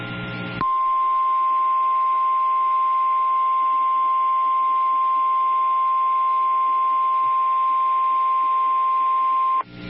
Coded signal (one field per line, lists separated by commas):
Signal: Emergency Alert System (SAME) tones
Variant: 1050 Hz attention tone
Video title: Severe Thunderstorm Warning (LA) (5/20/25) [EAS #169]